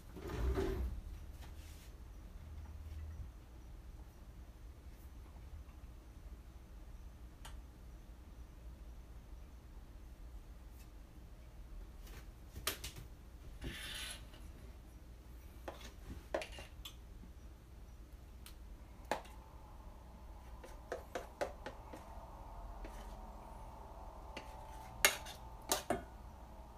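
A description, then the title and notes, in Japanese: Okonomiyaki cooking, with a low steady hum under sparse clicks and scrapes of utensils, busier clatter clustering around thirteen to seventeen seconds and near twenty-five. お好み焼きを焼く。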